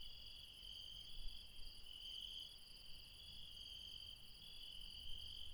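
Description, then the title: Insects in a shrill continuous chorus of layered trills, with low rumbling below. Late night, mountains, Refuge Krevatia, Barbala, Dion, Greece. "Refuge Krevatia, Μπαρμπαλά, Dion 601 00, Greece - Late night mountain insects"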